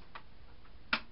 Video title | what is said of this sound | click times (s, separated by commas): JoJo Bow Maker Activity Kit | Press till it clicks. | 0.9 s